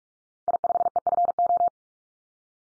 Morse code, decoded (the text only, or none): I5EFO